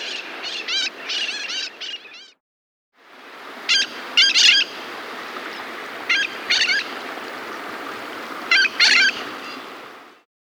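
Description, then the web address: Mitred parakeet calls, harsh screeches in rapid bursts for two seconds, then a pause, then scattered loud screeches over a steady background hiss. South America. "Natures Songs S America Mitred Parakeet (Aratinga Mitrata)"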